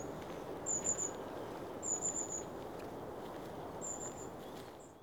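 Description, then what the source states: Bird calling with high, fine, rapidly trilled notes, a few short phrases spaced apart, above a constant low rushing noise. Recorded at Oostduinen.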